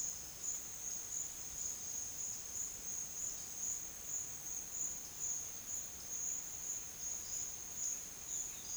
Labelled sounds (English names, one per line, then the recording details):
none
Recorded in secondary vegetation near Puerto Asís, Putumayo, Colombia, on 25 June 2025 at 10:30
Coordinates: 0.485, -76.322
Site GP06